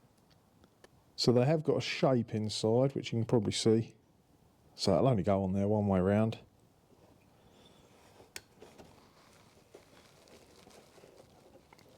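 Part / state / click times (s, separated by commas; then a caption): brake pad wear sensor plug into wiring loom connector / not seated / none. Someone talks while lining up the brake pad wear sensor plug on a 2004 Mini One 1.6 Petrol by its keyed shape, which lets it fit onto the wiring loom connector only one way around. After the talking, faint handling noises and a few small ticks follow, the sharpest near 8.4 s. Nothing has seated or clicked yet.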